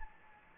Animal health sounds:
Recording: mosquito wingbeat signal from an infrared sensor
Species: Anopheles gambiae

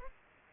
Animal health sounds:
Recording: mosquito wingbeat signal from an infrared sensor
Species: Culex pipiens

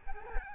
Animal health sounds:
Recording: mosquito wingbeat signal from an infrared sensor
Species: Aedes albopictus

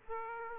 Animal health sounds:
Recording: mosquito wingbeat signal from an infrared sensor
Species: Aedes aegypti

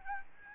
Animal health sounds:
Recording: mosquito wingbeat signal from an infrared sensor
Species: Aedes albopictus

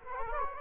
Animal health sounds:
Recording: mosquito wingbeat signal from an infrared sensor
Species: Culex quinquefasciatus

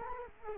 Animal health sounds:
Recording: mosquito wingbeat signal from an infrared sensor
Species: Culex quinquefasciatus

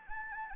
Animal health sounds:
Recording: mosquito wingbeat signal from an infrared sensor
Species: Anopheles gambiae

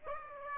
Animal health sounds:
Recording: mosquito wingbeat signal from an infrared sensor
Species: Aedes aegypti

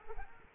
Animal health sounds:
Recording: mosquito wingbeat signal from an infrared sensor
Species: Culex quinquefasciatus

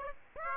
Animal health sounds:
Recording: mosquito wingbeat signal from an infrared sensor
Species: Aedes aegypti

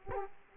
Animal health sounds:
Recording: mosquito wingbeat signal from an infrared sensor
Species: Culex quinquefasciatus

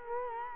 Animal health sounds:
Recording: mosquito wingbeat signal from an infrared sensor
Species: Culex quinquefasciatus

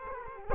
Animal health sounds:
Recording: mosquito wingbeat signal from an infrared sensor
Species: Culex quinquefasciatus

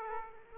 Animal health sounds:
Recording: mosquito wingbeat signal from an infrared sensor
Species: Aedes aegypti

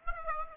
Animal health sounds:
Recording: mosquito wingbeat signal from an infrared sensor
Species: Aedes aegypti

